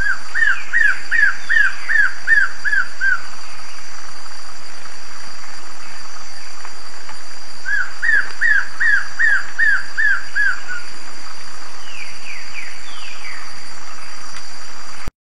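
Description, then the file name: White-throated seedeater song: two runs of about eight rapid arched whistles, separated by a pause, with fainter higher slurred notes near the end and steady hiss throughout. "canto do papo branco"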